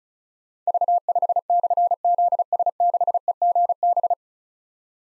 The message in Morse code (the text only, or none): V5/ZS6EGB